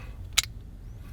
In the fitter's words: all right now that's gonna lock into place and that's your auxiliary now for the usb